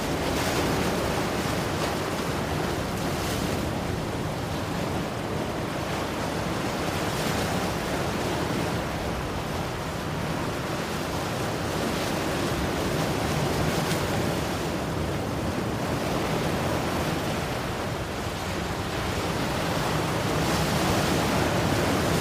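Ocean waves keep up a dense, steady roar of surf with no quiet gaps. Brighter hissing swells rise every few seconds as waves break, and a low rumble of wind buffeting the microphone runs underneath throughout.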